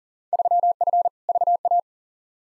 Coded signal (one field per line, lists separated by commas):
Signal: Morse code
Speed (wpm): 40 wpm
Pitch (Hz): 700 Hz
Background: none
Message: 3F VA